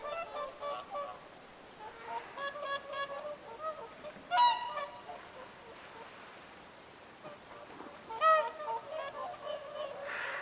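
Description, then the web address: Whooper swans calling in short groups of honks separated by quieter spells, with two louder trumpeting notes standing out. Several whooper swans calling at Lintulahti on 6 November 2025. "paivat 6 11 2025 laulujoutsenten aantelya lintulahdella"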